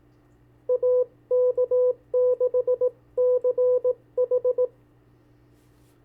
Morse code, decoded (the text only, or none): AK6CH